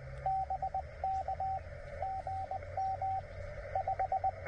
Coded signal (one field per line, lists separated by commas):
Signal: Morse code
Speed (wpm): 20 wpm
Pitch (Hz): 770 Hz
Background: radio noise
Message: BK GM 5